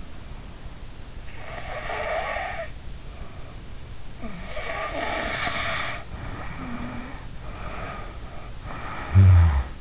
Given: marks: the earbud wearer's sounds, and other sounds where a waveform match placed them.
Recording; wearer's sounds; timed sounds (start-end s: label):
sounds in sleep by an in-ear microphone; snoring breath
1.22-3.90 s: snoring breath
4.09-7.27 s: snoring breath
7.42-9.81 s: snoring breath